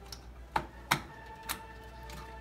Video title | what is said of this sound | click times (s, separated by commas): AMD Ryzen 3 Budget Game Build - I Have Ryzen & It Feels So Good! | should feel it click in nice and easy just like that | 0.6 s, 0.9 s